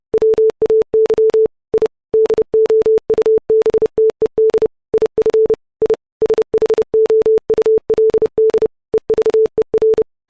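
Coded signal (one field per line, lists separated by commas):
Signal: Morse code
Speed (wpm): 30 wpm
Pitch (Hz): 440 Hz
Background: none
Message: WAY I DOUBTED IF I SHOULD EVER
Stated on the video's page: Software-generated Morse at 30 WPM, sine wave, 440 Hz pitch, 44100 Hz 16-bit wave file.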